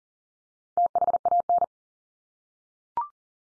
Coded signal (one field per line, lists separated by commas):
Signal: Morse code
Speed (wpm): 40 wpm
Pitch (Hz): 700 Hz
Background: none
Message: THAN